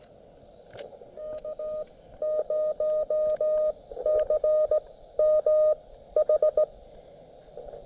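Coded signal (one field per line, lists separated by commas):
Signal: Morse code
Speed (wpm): 18 wpm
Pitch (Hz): 590 Hz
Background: none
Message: K0CMH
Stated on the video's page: QRP activation at Lake Norman using a Mission RGO One transceiver and Chameleon CHA LEFS antenna.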